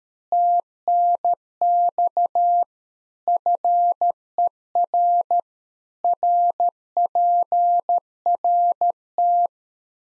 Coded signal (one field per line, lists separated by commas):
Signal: Morse code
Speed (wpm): 13 wpm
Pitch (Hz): 700 Hz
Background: none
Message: TNX FER RPRT